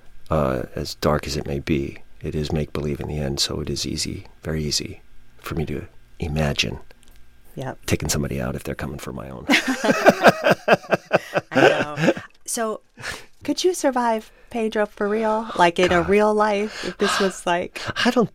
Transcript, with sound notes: as dark as it may be, it is make-believe in the end, so it is easy - very easy - for me to imagine...
Yeah.
...Taking somebody out if they're coming for my own.
(LAUGHTER)
I know. So could you survive, Pedro, for real? Like...
Oh, God.
...In a real life - if this was like...